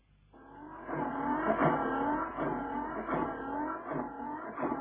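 A car engine idles with a steady rumble, then revs up and down in several rising surges, its tone climbing and dropping with each burst of throttle. It has just been worked on by a mechanic. No one speaks.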